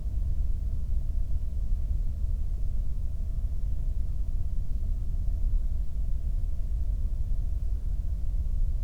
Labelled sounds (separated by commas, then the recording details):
near silence
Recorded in the Prudhoe Bay oil fields, Alaska, on 22 May 2019 at 01:07
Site 19